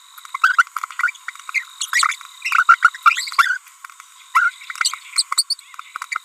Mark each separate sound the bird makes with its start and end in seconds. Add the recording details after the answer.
0.42-0.63, 0.99-1.10, 1.28-1.30, 1.54-1.62, 1.81-1.85, 1.93-2.15, 2.45-2.63, 2.69-2.74, 3.06-3.13, 3.39-3.57, 4.34-4.52, 5.13-5.22, 5.38-5.42, 5.50-5.54, 6.12-6.17. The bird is a female. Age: 30 days. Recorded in a nest box in Venezuela. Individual 17B42B3